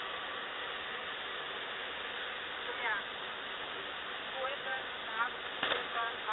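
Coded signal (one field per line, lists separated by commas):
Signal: coded military voice message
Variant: Russian, Squeaky Wheel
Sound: faint voice speaking short words under heavy hiss, with one brief crackle burst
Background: radio static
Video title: ⚠ The Squeaky Wheel | 16th November 2023 | 4 Digit Callsign Monolith Voice Message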